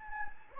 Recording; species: mosquito wingbeat signal from an infrared sensor; Anopheles gambiae